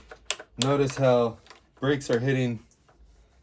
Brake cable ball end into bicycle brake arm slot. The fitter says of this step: Dus ik ga dat vergrendelen